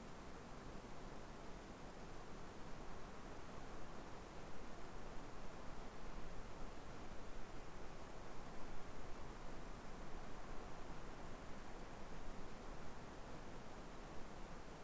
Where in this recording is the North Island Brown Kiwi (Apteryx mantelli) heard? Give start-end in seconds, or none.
none